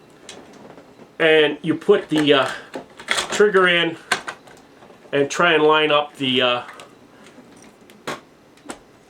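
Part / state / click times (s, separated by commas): trigger assembly into airsoft rifle stock / seated / 8.7 s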